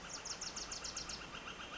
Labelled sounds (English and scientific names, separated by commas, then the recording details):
Northern Flicker (Colaptes auratus)
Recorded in Sonoma County, California